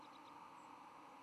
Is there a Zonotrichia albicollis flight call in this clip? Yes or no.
no